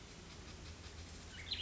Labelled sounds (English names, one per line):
Cassin's Vireo